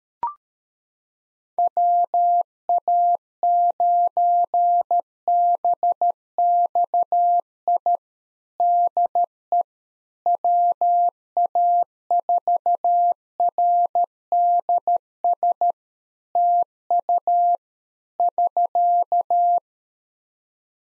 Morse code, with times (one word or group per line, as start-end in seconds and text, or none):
1.6-8.0 WA9BXI
8.6-9.6 DE
10.3-15.7 WA4RDS
16.4-17.6 TU
18.2-19.6 <SK>